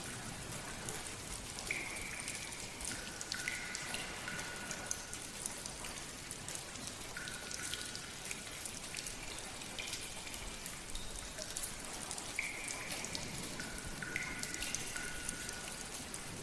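Heavy, steady rain pours down in a dense, even hiss that holds at the same level throughout. Brief ringing, echoing drip tones rise above it every few seconds, near 2, 3, 7, 12 and 14 seconds.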